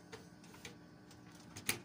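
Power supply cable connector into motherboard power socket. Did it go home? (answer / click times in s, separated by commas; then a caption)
yes / 1.7 s. A power supply cable's plastic connector is pushed into the motherboard power socket on the board. Faint ticks come at 0.1 and 0.7 seconds, then a sharp, bright click at 1.7 seconds as the connector locks in and seats.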